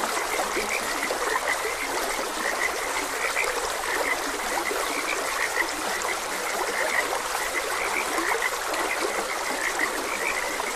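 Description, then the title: Frogs calling steadily, a busy stream of short croaking notes with no pauses, mixed with continuous babbling water. Frogs croaking beside a gentle stream. "Gentle Stream and Frogs Croaking"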